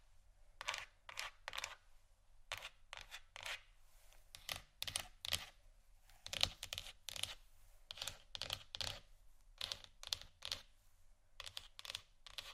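Scratchy tapping comes in irregular bursts of crisp, bright clicks, some clustered in quick runs and others spaced with short pauses. The sharp strikes and rough scratching texture sit mostly in the upper range, with a faint low hum underneath throughout.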